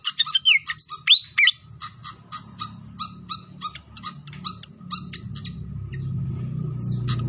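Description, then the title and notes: Pied fantail song: a few swooping whistled notes, then a steady run of sharp, high chips repeated several times a second over a low, soft rushing background. Masteran training recording of clear song, mixed with the sound of trickling water. "Masteran Sikatan Kipas Suara Jernih Dan Suara Gemericik Air. Suara Burung Sikatan Londo"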